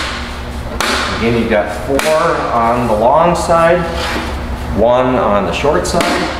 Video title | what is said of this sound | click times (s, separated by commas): International D4300 Mirror Replacement | can hear them snapping to their positions. | 0.8 s